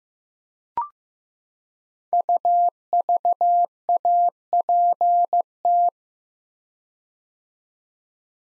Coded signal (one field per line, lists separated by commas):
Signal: Morse code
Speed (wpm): 15 wpm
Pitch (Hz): 700 Hz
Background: none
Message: UVAPT